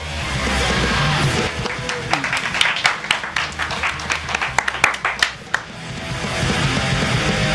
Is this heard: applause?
yes